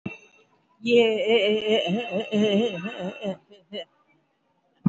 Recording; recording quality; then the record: sustained vowel as in made; moderate, slight background noise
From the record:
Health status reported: COVID-19 positive, moderate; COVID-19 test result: positive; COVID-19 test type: RT-PCR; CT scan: not taken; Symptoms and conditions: sore throat, fatigue, loss of smell and taste, another respiratory illness, hypertension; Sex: female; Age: 68 years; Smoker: no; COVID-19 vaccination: none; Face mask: worn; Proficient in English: yes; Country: India